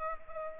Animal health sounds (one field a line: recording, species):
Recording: mosquito wingbeat signal from an infrared sensor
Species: Culex pipiens